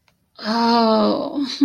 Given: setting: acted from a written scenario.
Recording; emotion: vocal sound without words; ecstasy